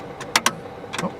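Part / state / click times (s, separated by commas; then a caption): radio removal keys in CD changer slots / not seated / none. Bent metal radio removal keys are pushed back into the CD changer slots of a 2003–2008 Audi A8 during a Dension GW52M01/GW53M01 iPod/AUX/USB/Bluetooth install, giving two sharp metallic hits at 0.4 s and 0.5 s and softer scraping around 1.0 s. The keys are not catching the clip, so nothing has seated or clicked yet.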